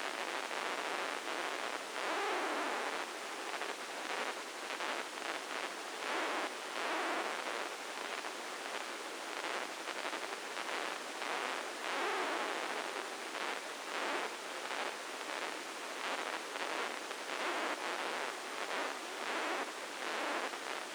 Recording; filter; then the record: brain microelectrode recording played as sound; spike band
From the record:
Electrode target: subthalamic nucleus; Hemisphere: left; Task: reaching with the right hand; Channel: 1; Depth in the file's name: 2.062 mm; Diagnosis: Parkinson's disease